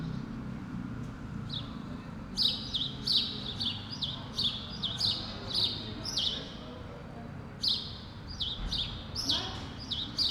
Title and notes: Rue Keyenveld, Ixelles, Bruxelles-Capitale, Belgique - Sparrows - moineaux. cars, people passing by